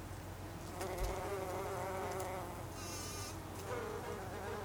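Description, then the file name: Bumblebee wing buzz, a low droning hum with stacked harmonics, over a steady low background hum. Recorded 26 August 2012; Icelandic name hunangsflugur, plural. "hunangsflugur 2012-08-26"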